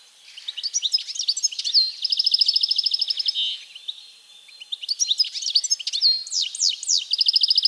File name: Carduelis carduelis